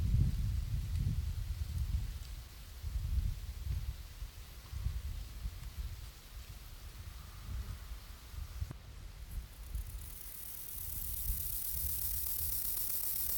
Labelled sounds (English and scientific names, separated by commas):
Rufous Grasshopper (Gomphocerippus rufus) stridulation